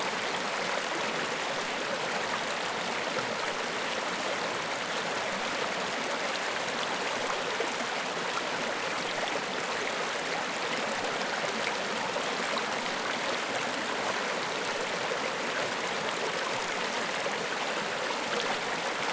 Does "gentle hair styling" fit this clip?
no